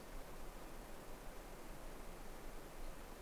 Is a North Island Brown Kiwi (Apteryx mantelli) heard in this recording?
no